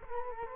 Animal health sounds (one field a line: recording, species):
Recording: mosquito wingbeat signal from an infrared sensor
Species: Culex quinquefasciatus